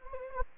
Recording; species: mosquito wingbeat signal from an infrared sensor; Anopheles gambiae